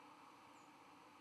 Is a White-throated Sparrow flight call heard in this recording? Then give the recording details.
no. Another species' flight call is heard. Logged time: 02:44 on 12 November 2014